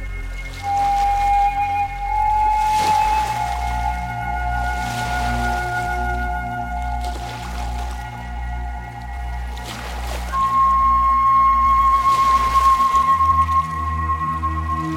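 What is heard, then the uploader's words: Peaceful music of long, held tones over a steady, gently pulsing low drone, with a high note sliding in around two seconds and another near ten. Soft washes of water-like hiss swell and fade every few seconds, and the bass shifts near thirteen seconds. Peaceful Music with Nature Sounds: Ocean Wave, Rain, Brook, Waterscapes.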